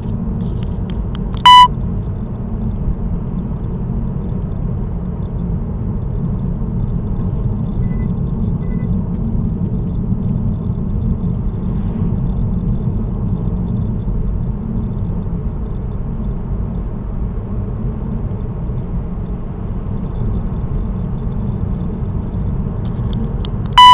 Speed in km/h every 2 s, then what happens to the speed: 59, 62, 63, 61, 58, 58, 59, 63, 66, 69, 70, 70.
0-10 steady at about 59. 10-18 speeds up to 69. 18-24 steady at about 70.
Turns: none.